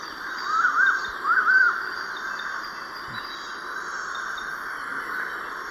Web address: Natures Songs S America Eastern Lowlands Bucco capensis, song